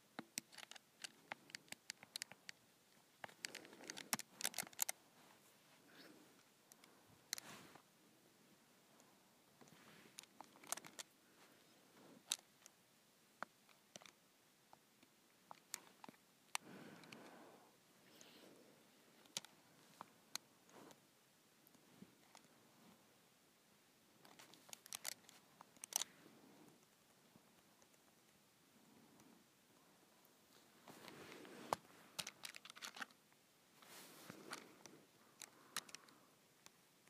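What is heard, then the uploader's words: Numbers are punched in on a calculator: sharp, clicky key presses come in irregular bursts, sometimes in rapid runs around 4–5, 25 and 31–34 seconds. Between the flurries there are short pauses with only a faint, low hiss. ASMR Punching in Numbers on my Calculator.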